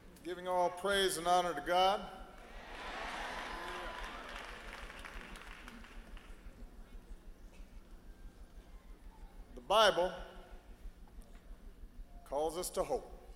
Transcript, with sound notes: Giving all praise and honor to God. (Applause.) The Bible calls us to hope.